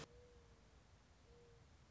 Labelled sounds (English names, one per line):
Mourning Dove